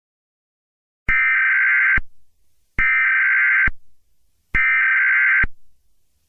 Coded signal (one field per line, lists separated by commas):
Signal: Emergency Alert System (SAME) tones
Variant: header bursts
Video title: EAS Scenario: Nuclear meltdown.